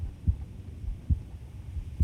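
An adult heartbeat: dull, low-pitched thumps repeating regularly, about 70 beats per minute.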